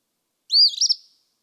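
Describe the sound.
Eastern phoebe, a single short song phrase: a clear rising note followed by a burry, stuttering second part.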